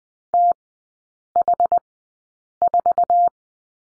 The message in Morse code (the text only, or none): TH4